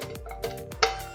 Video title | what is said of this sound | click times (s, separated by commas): How to Make Microwave Popcorn in a Van with No Electricity! | Hear it click, there you go. | 0.8 s